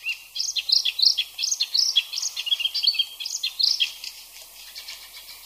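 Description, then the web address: Icterine warbler song: a rapid series of high, squeaky and nasal notes repeated in quick succession, rich and varied throughout. "ljud Hippolais icterina"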